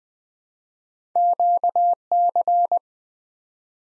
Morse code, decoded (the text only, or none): QC